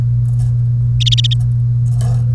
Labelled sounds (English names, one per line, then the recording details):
Domestic Canary song
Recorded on 1 May 2018 at 09:32
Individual llb3